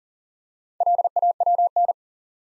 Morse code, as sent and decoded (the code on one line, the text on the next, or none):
.-.. .- .-- -.
LAWN